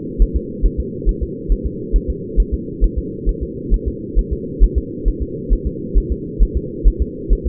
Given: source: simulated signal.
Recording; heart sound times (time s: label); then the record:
fetal heart sounds
0.22 s: S1
0.36 s: S2
0.66 s: S1
0.80 s: S2
1.09 s: S1
1.23 s: S2
1.52 s: S1
1.66 s: S2
1.96 s: S1
2.10 s: S2
2.40 s: S1
2.54 s: S2
2.84 s: S1
2.98 s: S2
3.29 s: S1
3.43 s: S2
3.74 s: S1
3.88 s: S2
4.19 s: S1
4.33 s: S2
4.63 s: S1
4.78 s: S2
5.08 s: S1
5.23 s: S2
5.53 s: S1
5.67 s: S2
5.98 s: S1
6.12 s: S2
6.43 s: S1
6.57 s: S2
6.88 s: S1
7.02 s: S2
7.33 s: S1
7.47 s: S2
From the record:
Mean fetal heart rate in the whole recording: 135 bpm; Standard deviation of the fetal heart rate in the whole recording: 3 bpm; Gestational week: 36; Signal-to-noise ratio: -4.1 dB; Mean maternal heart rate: no maternal heart sound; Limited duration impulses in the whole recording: absent